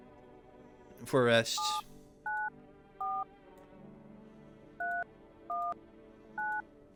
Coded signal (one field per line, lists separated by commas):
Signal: DTMF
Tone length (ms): 250 ms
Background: speech, music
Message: 794 319